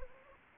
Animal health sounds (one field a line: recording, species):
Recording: mosquito wingbeat signal from an infrared sensor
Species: Anopheles arabiensis